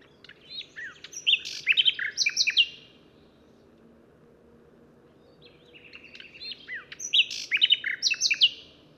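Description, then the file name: Common nightingale delivering two complex phrases of rapid chirps and sweeping whistles, separated by a pause of a few seconds. "Luscinia megarhynchos"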